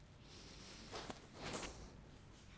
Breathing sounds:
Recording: one breath in and out by a microphone near the nose and mouth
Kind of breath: deep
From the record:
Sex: male

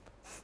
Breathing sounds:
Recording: one breath in and out by a microphone near the nose and mouth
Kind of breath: strong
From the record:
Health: marked as sick, illness not named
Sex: female

